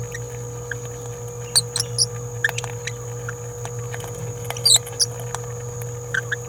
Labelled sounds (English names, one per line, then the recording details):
Green-rumped Parrotlet babbling
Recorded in a nest box in Venezuela
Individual 18B17A3